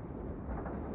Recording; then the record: background sound without coughing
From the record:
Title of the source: Train Ride Ambience ambient white noise for sleeping, focus, studying, reading